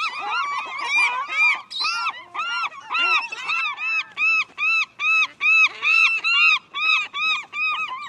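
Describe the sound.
Many gulls giving overlapping mewing calls, settling into a steady, rapid series of arched cries.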